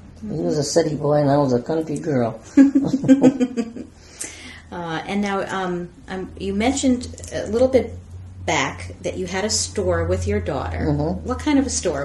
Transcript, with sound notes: He was a city boy and I was a country girl. [laughter]
And now you mentioned a little bit back that you had a store with your daughter, what kind of store was that?